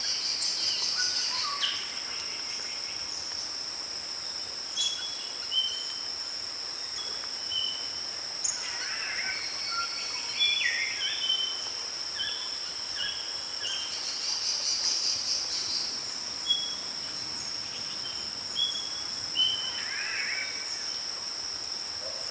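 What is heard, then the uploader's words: Rainforest ambience in Queensland, Australia, with a steady high insect drone running throughout. Scattered bird calls chirp and whistle every second or two, with brighter bursts around 2, 15 and 20 seconds, over a soft constant hiss. RAINFOREST AMB- QLD - AUSTRALIA by SolWind.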